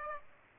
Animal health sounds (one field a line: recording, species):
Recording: mosquito wingbeat signal from an infrared sensor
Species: Aedes aegypti